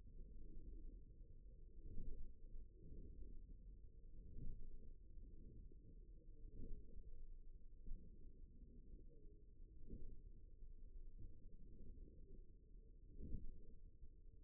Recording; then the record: forearm muscle sounds (acoustic myography)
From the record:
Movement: forearm pronation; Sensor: system 1, eight BSWA MPA416 microphones around the upper forearm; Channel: 4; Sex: male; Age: 54 years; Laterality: right